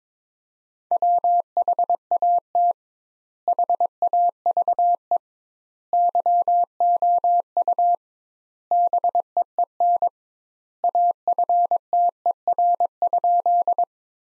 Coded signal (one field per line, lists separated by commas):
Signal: Morse code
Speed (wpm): 21 wpm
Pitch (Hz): 700 Hz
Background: none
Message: WHAT HAVE YOU BEEN AFTER?